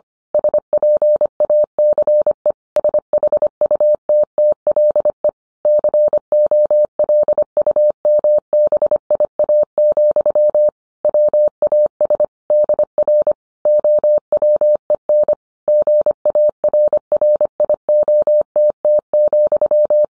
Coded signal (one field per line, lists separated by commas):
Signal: Morse code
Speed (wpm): 25 wpm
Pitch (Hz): 600 Hz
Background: none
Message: SPACE SHUTTLE COLUMBIA, WAS DR OWEN GARRIOTT,